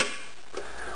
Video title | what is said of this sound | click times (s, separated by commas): ShoeBox Air Compressor Belt Drive Upgrade | the snapping is caused by the powder coating grabbing the bolts | 0.0 s